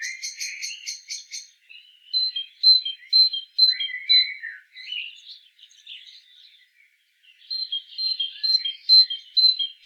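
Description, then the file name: Great tit repeating bright two-note phrases in two bouts, one after an opening burst of rapid stacked chips, with softer twittering between them. "Parus major"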